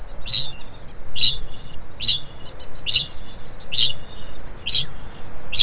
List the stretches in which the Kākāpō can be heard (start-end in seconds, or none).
0.00-5.62